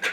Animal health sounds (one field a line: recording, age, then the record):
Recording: pig call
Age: piglet (1 to 25 days)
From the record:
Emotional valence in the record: negative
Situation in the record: missed nursing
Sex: male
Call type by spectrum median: low-frequency call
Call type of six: low-frequency modulated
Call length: 0.13 s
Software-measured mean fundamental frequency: 111 Hz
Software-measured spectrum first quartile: 1487 Hz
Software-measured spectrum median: 2023 Hz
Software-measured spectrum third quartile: 2861 Hz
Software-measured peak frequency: 1624 Hz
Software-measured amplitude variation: 103 dB a second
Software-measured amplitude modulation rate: 3.9 a second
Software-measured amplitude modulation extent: 26.6 dB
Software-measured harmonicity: 1.1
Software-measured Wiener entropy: -1.19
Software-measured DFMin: 491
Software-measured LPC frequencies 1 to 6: 624, 1568, 2108, 2528, 3477, 6235 Hz